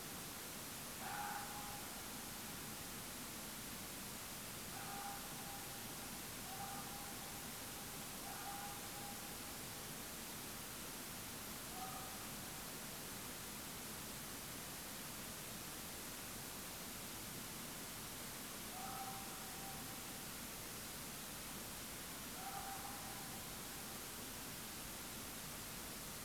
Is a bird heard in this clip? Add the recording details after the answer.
no. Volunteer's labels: Autre biophonie Vulpes vulpes. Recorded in France